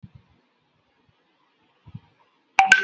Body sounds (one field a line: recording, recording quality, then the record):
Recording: deep breathing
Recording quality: poor, much background noise or distortion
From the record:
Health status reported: healthy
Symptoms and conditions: none ticked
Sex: male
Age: 37 years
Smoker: not ticked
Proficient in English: yes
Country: India